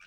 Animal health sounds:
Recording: pig call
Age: piglet (1 to 25 days)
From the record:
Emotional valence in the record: positive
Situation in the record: short reunion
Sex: female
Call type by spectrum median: low-frequency call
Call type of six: low-frequency tonal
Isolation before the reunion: 3 minutes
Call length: 0.07 s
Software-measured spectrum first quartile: 1466 Hz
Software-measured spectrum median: 2186 Hz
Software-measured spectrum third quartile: 2804 Hz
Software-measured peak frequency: 1556 Hz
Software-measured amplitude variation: 11 dB a second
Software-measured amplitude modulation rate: 14.4 a second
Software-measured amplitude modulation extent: 0.7 dB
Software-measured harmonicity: 2.9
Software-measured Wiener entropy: -1.87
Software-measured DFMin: 755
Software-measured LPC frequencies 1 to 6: 1494, 2407, 3999, 5660, 6305, 7711 Hz

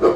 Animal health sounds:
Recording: pig call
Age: growing-finishing pig (85 days or more)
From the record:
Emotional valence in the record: positive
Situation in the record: run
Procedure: transit

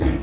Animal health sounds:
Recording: pig call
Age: growing-finishing pig (85 days or more)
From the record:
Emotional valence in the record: negative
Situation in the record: barren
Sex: female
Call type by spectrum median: low-frequency call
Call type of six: low-frequency stable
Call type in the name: low-frequency stable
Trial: 2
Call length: 0.22 s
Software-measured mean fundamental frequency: 47 Hz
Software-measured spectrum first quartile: 81 Hz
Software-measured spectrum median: 221 Hz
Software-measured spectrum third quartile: 413 Hz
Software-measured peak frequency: 79 Hz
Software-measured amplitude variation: 147 dB a second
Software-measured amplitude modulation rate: 22.3 a second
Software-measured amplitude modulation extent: 6.6 dB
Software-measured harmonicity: -1.1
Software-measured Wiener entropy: -0.89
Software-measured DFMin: 1224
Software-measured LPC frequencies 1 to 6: 340, 1821, 2303, 3295, 3968, 5828 Hz

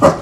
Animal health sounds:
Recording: pig call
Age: growing-finishing pig (85 days or more)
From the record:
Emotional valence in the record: positive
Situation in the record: run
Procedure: transit

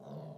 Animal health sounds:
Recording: pig call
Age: piglet (1 to 25 days)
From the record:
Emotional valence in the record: negative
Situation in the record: short isolation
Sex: female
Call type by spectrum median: low-frequency call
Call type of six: low-frequency stable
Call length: 0.38 s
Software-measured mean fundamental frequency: 73 Hz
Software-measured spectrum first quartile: 166 Hz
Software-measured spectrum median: 331 Hz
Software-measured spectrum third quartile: 627 Hz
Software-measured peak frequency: 160 Hz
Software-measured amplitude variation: 113 dB a second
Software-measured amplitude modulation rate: 18.5 a second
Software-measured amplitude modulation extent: 6.1 dB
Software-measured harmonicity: 2.1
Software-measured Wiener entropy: 0.08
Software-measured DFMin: 1433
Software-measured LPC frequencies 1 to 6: 625, 3642, 6002, 7669, 9535, 10935 Hz

